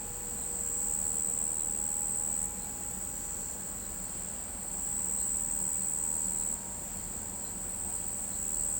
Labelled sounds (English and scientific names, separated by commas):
none